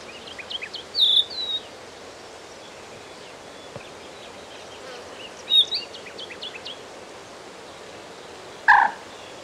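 Crested lark song: short clear phrases of sliding notes near the start and middle, over a steady background hiss, with one louder sharp sound near the end.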